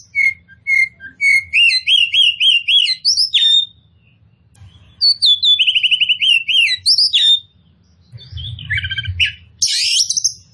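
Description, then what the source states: Oriental magpie-robin song with rapid repeated whistled trills, a pause, then the trill series again, ending in harsh buzzy notes over a low rumble. Kacer poci form of the bird, described as gacor, meaning singing vigorously and constantly.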